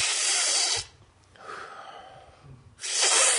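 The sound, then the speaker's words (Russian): A man demonstrates sharp, forceful inhaling breaths, drawing air in rather than blowing: two loud, hissing gasps drawn in with a quieter, rumbling pause between them, giving a rhythmic sucking-in pattern. “Не дул, а в себя стал так вот.”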